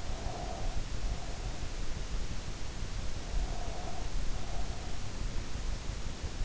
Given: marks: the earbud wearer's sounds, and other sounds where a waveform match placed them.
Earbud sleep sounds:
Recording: sounds in sleep by an in-ear microphone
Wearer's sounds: breath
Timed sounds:
0.11-1.83 s: breath
3.26-5.02 s: breath

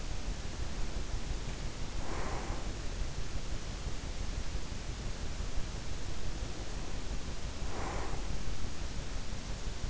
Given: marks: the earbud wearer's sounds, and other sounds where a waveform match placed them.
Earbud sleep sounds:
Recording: sounds in sleep by an in-ear microphone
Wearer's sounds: breath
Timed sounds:
0.00-2.89 s: breath
5.91-8.15 s: breath

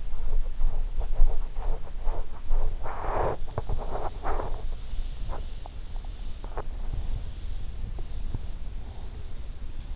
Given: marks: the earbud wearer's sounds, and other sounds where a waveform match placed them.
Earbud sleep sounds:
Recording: sounds in sleep by an in-ear microphone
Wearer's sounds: teeth grinding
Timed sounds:
0.00-6.89 s: teeth grinding

